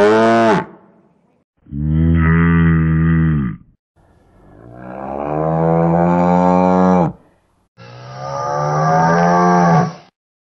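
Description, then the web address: Kouprey bellowing four times, deep and drawn out, with pauses between. "Kouprey. صدای-گاو-کامبوجی"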